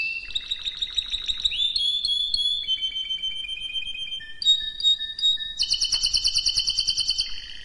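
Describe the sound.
Canary song of sliding whistled notes and held tones, followed by a fast, bright rolling trill and a final lower whistle.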